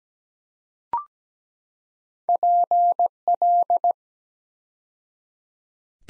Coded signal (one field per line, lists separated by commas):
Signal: Morse code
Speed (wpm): 17 wpm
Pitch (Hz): 700 Hz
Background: none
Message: PL